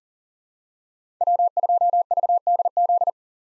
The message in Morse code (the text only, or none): W2VDZ